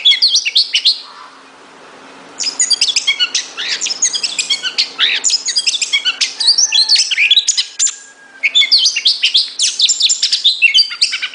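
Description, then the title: Oriental magpie-robin singing fast, dense runs of high chirps and twittering notes, broken by a pause of over a second before resuming just as busily, then another short pause and more. "Kacer"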